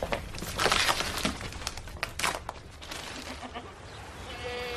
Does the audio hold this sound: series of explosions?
no